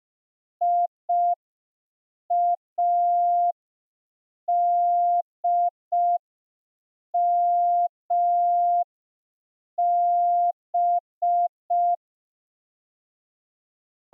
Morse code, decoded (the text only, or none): IADMB